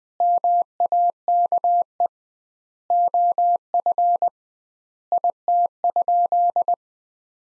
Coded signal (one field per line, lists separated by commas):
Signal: Morse code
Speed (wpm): 20 wpm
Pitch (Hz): 700 Hz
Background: none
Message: MAKE OF IT?